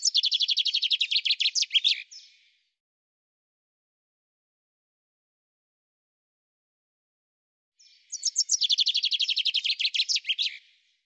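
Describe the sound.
Two common chaffinch songs separated by silence, the first already under way at the start, each a rapid series of crisp notes ending in a brief emphatic flourish.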